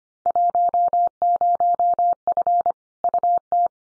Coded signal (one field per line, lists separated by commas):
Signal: Morse code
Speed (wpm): 25 wpm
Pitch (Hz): 700 Hz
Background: none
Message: 10F UT